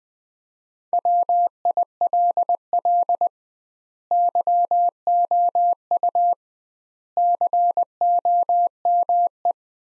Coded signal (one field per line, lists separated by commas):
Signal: Morse code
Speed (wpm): 21 wpm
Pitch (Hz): 700 Hz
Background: none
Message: WILL YOU COME